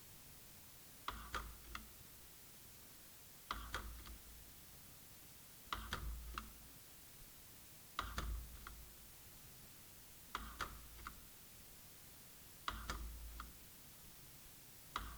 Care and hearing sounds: daily activity, guitar pickup as the sensor; manipulate door

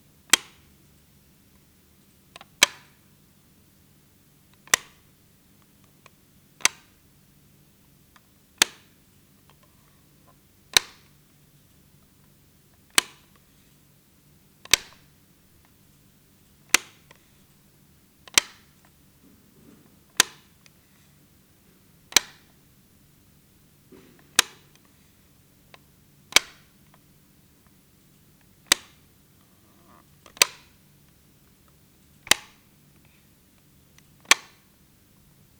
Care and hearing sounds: daily activity, guitar pickup as the sensor; operate light

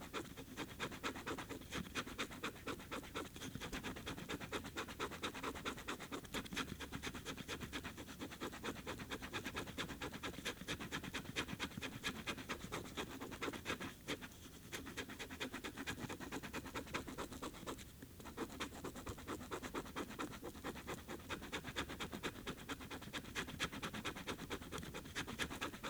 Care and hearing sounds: daily activity, guitar pickup as the sensor; write

